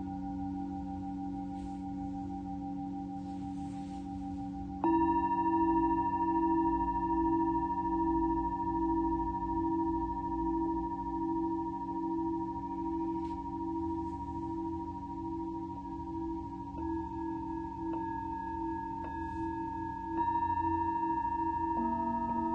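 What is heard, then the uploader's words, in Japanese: Tibetan singing bowls ring in long, steady overlapping tones with a wavering shimmer, a fresh louder strike near five seconds and another around twenty. シンギングボウルのサウンドヒーリング。チベタンシンギングボウルの響きで 始まりを祝う夜。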